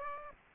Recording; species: mosquito wingbeat signal from an infrared sensor; Aedes aegypti